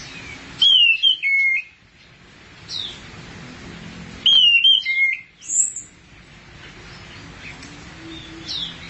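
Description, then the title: Thrush song in two loud bursts of varied whistled notes a few seconds apart, with softer scattered notes between. "burung anis x"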